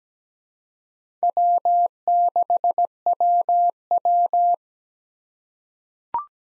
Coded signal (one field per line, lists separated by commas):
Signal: Morse code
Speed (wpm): 17 wpm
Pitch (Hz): 700 Hz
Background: none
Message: W6WW